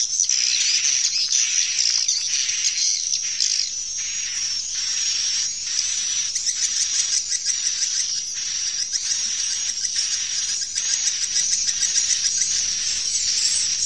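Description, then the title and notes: Swiftlet chatter: continuous thin, high chirping with many short overlapping bursts and a brief softer stretch. Swiftlet farming, Asia. "Swiflet Bird Sound. Farming Swiflet Bird asia sound"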